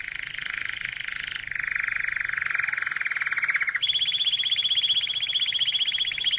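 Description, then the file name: Canary delivering a long rapid trill that shifts pitch twice, ending in a bright, higher, finely pulsed rattle. "Canary Voice"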